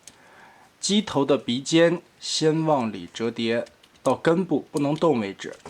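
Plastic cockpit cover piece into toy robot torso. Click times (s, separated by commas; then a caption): 0.1 s. A plastic cockpit cover piece is pressed back onto a toy robot/jet torso during transformation, and a single sharp click at 0.1 s marks it snapping into place. Someone then talks through the rest of the clip.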